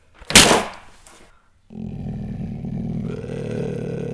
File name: Acinonyx jubatus